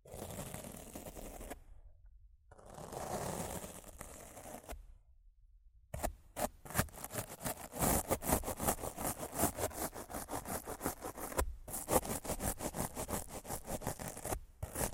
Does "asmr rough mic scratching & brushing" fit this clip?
yes